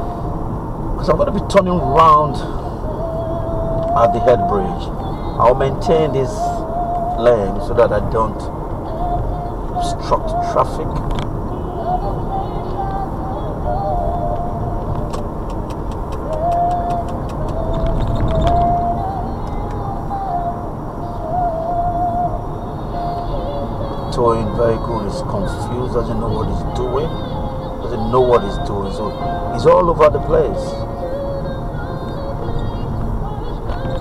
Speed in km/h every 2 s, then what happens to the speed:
64, 64, 64, 64, 66, 64, 64, 63, 61, 61, 60, 61, 60, 58, 56, 52, 48.
0-25 steady at about 64. 25-34 slows to 48.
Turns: none.